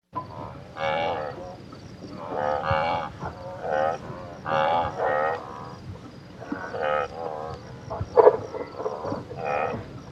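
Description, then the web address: Wildebeest making repeated honking, croaky grunts in bursts, over low background noise. Wildebeest at a waterhole. "wildebeasts waterhole vintage"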